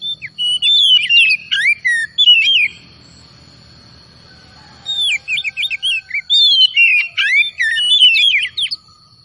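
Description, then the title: Oriental magpie-robin singing in two bursts of varied whistled phrases and quick chirps, separated by a pause of about two seconds, over a steady high tone. Singing vigorously (gacor). "Kacer Tretes"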